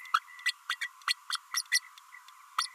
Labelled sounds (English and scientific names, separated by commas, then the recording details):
Green-rumped Parrotlet (Forpus passerinus) babbling
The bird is a female
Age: 30 days
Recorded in a nest box in Venezuela
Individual 17B32A5